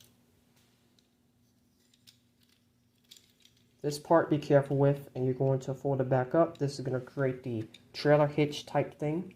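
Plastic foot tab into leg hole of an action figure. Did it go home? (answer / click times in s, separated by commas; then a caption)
yes / 3.1 s. A plastic leg on a Transformers The Last Knight Voyager Optimus Prime action figure is arched up until its foot tab snaps into the hole. Faint handling ticks lead up to a sharp snap at 3.1 s as the tab seats. Then someone talks for the rest of the clip.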